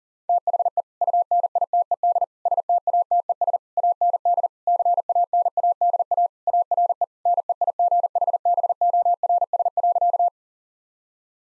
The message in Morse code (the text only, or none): THE UNITED STATES AND CANADA ARE NEIGHBORS.